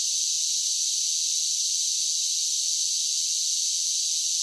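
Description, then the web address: Cicadas giving a constant high-pitched buzzing hiss with no pauses or breaks. "Blast Wave Update 1 Cicadas Sing"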